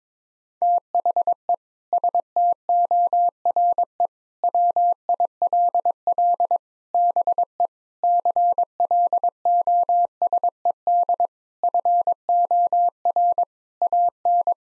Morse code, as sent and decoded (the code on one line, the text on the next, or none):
- .... . / ... - --- .-. . / .-- .. .-.. .-.. / -... . / -.-. .-.. --- ... . -.. / ..-. --- .-. / .- -.
THE STORE WILL BE CLOSED FOR AN